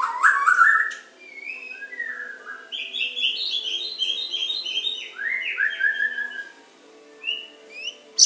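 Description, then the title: Oriental magpie-robin song: a bright opening whistle, then a quieter rambling sequence of short, wavering high notes and slurs, ending with a few sharp chips. "Kicau Kacer"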